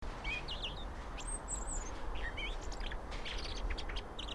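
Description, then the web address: European robin giving thin high whistles and slurred notes, over a low continuous background rumble. "SETE data Erithacus rubecula"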